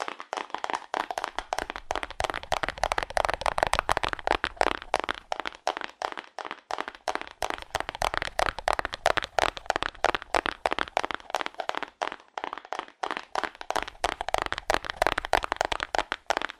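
Fast, aggressive tapping on cardboard runs throughout, a dense stream of sharp, dry knocks about three or four per second. The taps come in bursts with brief gaps near 6 and 12 seconds. The hits sound papery and crisp, with little low thump.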